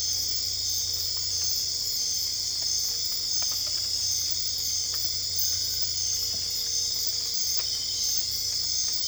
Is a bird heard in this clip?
no